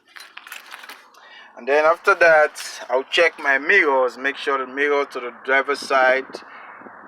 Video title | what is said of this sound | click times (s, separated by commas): UPDATED PRETRIP IN CAB INSPECTION SMITH SYSTEM CDL TRAINING SCH. 10918 Hull St | hear the click and | 0.4 s